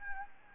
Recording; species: mosquito wingbeat signal from an infrared sensor; Anopheles gambiae